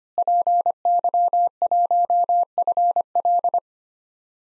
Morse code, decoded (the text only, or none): PY1FL